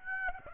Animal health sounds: mosquito wingbeat signal from an infrared sensor; Aedes aegypti

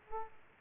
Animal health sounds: mosquito wingbeat signal from an infrared sensor; Aedes aegypti

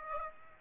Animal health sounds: mosquito wingbeat signal from an infrared sensor; Aedes aegypti

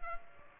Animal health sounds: mosquito wingbeat signal from an infrared sensor; Culex pipiens

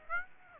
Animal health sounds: mosquito wingbeat signal from an infrared sensor; Aedes aegypti

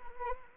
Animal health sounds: mosquito wingbeat signal from an infrared sensor; Anopheles arabiensis

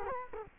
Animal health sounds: mosquito wingbeat signal from an infrared sensor; Culex quinquefasciatus

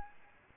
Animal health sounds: mosquito wingbeat signal from an infrared sensor; Aedes albopictus

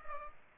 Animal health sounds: mosquito wingbeat signal from an infrared sensor; Culex pipiens

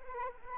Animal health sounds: mosquito wingbeat signal from an infrared sensor; Anopheles arabiensis

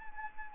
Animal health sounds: mosquito wingbeat signal from an infrared sensor; Anopheles arabiensis

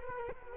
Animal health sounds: mosquito wingbeat signal from an infrared sensor; Culex quinquefasciatus

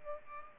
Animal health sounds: mosquito wingbeat signal from an infrared sensor; Culex pipiens

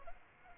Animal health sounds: mosquito wingbeat signal from an infrared sensor; Aedes aegypti

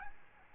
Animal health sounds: mosquito wingbeat signal from an infrared sensor; Aedes albopictus

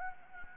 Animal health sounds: mosquito wingbeat signal from an infrared sensor; Anopheles gambiae

